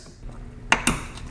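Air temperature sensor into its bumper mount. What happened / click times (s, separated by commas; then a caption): The sensor snapped into its plastic mount / 0.7 s, 0.9 s. A new air temperature sensor on a 2009-2019 Toyota Corolla is set up into its plastic mounting spot behind the bumper. Two sharp clicks sound at 0.7 s and 0.9 s as it snaps into place, confirming the sensor is seated.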